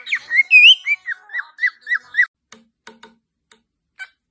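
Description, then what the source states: Cockatiel whistles a fast run of looping, swooping notes, then falls silent except for a few soft clicks and taps. Several cockatiels singing and whistling.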